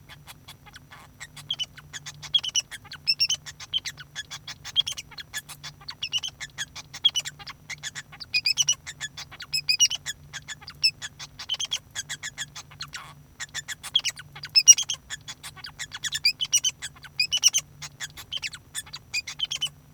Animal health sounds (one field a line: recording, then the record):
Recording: song of a male Bengalese finch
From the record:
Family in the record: son of father 2